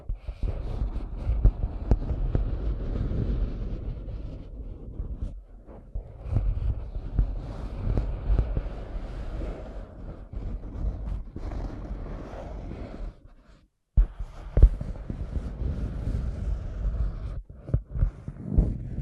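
Scratching and tracing sounds, rough, with dense low rumbling rubs running almost continuously. The strokes shift in pace and pressure, broken by brief pauses near 5 and 13 seconds, with a few sharp ticks and a near-silent gap around 14 seconds.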